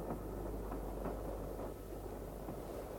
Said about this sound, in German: Der Zug fährt langsam.